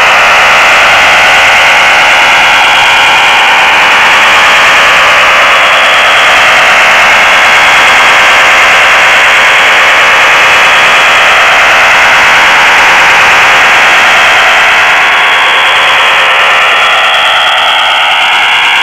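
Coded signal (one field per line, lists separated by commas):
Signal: HF data modem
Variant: STANAG 4285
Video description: Tuning PSK signal, decoding Stanag 4285 (text message)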